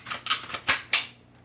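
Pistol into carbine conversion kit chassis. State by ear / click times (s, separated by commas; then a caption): seated / 0.9 s. A Taurus 9mm PT111 G2C pistol is slid into the polymer chassis of a CAA MCK Gen 2 Micro Roni carbine conversion kit, flipped over and pushed forward. A quick series of sharp clacks and rattles builds to a louder snap at 0.7 s and a final crisp click at 0.9 s as the pistol locks in place in the chassis.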